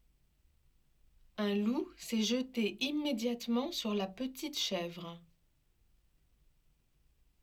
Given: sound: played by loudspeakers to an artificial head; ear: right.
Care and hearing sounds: speech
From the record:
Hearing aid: none

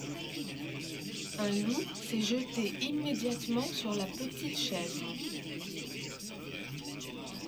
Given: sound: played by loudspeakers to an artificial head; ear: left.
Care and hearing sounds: speech in noise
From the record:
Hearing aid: none

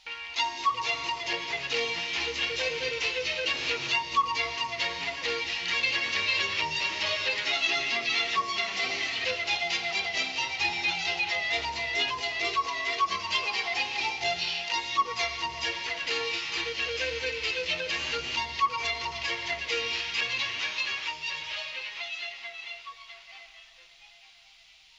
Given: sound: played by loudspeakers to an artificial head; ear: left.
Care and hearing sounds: music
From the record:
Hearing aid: class 1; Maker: A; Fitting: closed earmoulds, the maker's default for a moderate loss (N3)

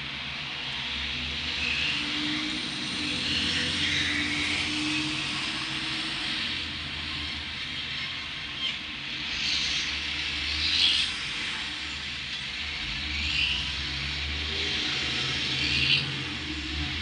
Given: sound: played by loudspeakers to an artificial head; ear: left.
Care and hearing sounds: road traffic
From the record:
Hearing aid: class 2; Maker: A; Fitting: closed earmoulds, the maker's default for a moderate loss (N3)

